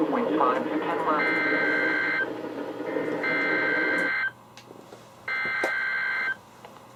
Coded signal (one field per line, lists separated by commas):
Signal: Emergency Alert System (SAME) tones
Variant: header bursts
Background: speech